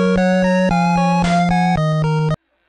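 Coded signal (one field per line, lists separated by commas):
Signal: none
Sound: music video game beeps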